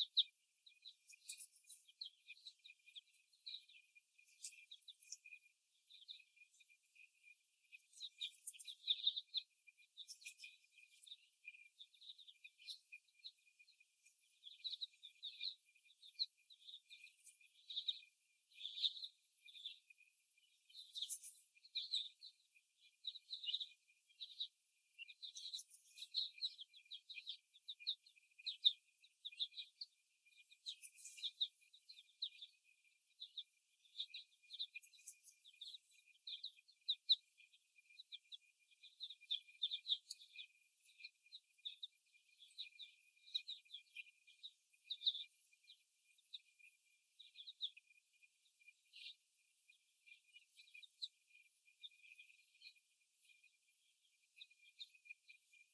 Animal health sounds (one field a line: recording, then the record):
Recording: young laying hens in a cage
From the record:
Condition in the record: before the stressor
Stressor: simulated dog barking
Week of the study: 1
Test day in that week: 1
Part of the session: 2